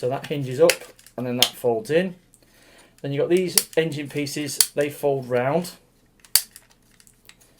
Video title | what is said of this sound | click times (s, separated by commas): Transforming "Eastern Exotica" Review #220 Tobot V3 03 Jet Thunder | with two clicks | 6.4 s, 7.3 s